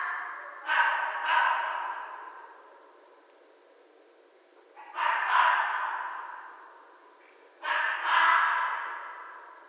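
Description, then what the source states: Red fox scream: three loud, harsh cries, each broken into two quick parts and fading away, a few seconds apart. Recorded 11 January 2012.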